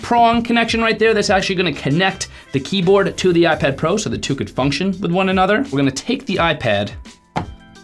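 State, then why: Seated. An iPad Pro tablet is lowered onto the magnetic mount and three-prong connector of a Magic Keyboard case while someone talks over background music. At 7.4 s the strong magnets pull the tablet home with a single sharp thunk, and it snaps into place.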